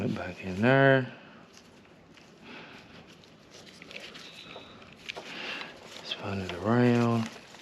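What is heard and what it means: While reinstalling wiring on a motorcycle during an oil cooler and filter install, a plastic connector or clip is handled and pushed back toward its mount. Someone talks at the start and end, with faint handling noises and small taps in between. Nothing has seated or clicked yet.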